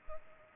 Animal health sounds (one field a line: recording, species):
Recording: mosquito wingbeat signal from an infrared sensor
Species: Culex pipiens